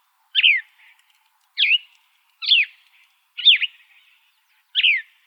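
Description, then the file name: Gray vireo singing five quick, husky, down-slurred phrases spaced roughly a second apart, with faint trailing notes between them. Recorded on 28 August 2005. "GRVI 7 deviche"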